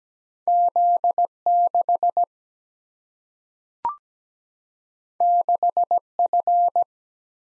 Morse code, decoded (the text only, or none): Z 6 6 F